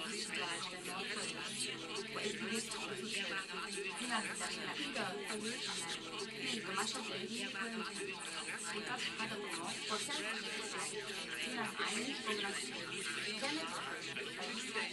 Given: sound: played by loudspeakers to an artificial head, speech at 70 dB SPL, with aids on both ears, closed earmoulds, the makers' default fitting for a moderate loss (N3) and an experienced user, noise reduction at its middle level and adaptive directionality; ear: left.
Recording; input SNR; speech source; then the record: speech test signal (ISTS) in cocktail-party noise; -3 dB; on the right (90 degrees)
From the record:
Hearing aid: class 1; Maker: E